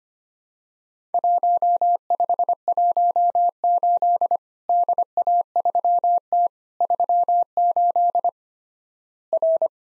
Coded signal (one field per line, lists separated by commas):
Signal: Morse code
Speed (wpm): 25 wpm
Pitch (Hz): 700 Hz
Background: none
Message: 1518 DA3T 38 R